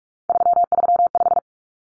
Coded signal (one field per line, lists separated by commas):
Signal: Morse code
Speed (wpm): 44 wpm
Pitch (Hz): 700 Hz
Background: none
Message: 335